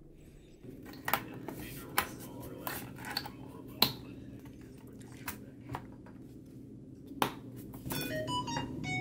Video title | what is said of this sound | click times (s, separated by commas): I Was Wrong. THIS is the LAST Upgradable MacBook Pro | then you just start putting pressure all around until you hear everything click | 1.1 s, 2.0 s, 3.2 s, 3.8 s, 7.2 s